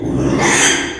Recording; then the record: squeal of a Yucatan mini pig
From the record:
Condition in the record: after surgery on the right vocal fold (resection and tissue-engineered implant); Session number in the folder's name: 3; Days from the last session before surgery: 33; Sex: male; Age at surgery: 12 weeks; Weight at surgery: 13 kg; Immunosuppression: cyclosporine, prednisolone